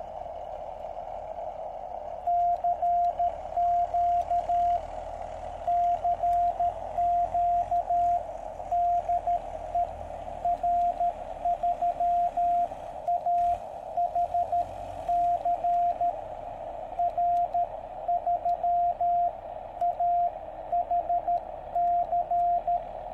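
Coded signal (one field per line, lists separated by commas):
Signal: Morse code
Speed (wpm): 13 wpm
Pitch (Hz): 700 Hz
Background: radio noise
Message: CQ CQ DE R3AHC R3AHC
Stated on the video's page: QRP CW from a QCX-mini transceiver on 3x18650 batteries, 10-metre end-fed antenna with 1:64 balun on 7-metre fishing-pole mast.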